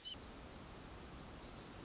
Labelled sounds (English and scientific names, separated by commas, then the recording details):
Pacific Wren (Troglodytes pacificus)
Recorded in Sonoma County, California